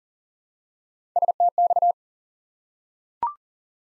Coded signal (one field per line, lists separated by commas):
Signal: Morse code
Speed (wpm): 38 wpm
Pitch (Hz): 700 Hz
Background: none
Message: STX